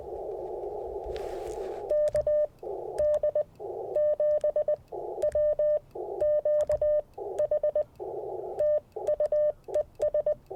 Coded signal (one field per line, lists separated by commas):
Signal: Morse code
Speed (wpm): 20 wpm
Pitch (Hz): 600 Hz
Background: none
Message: KD7WQH TU ES